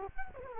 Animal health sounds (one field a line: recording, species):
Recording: mosquito wingbeat signal from an infrared sensor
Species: Culex quinquefasciatus